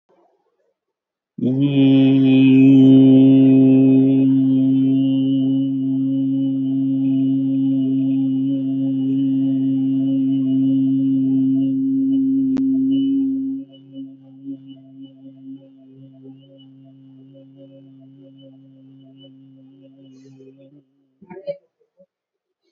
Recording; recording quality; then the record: sustained vowel as in beet; excellent, no background noise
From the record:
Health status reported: healthy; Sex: male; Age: 30 years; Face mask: not worn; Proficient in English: yes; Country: India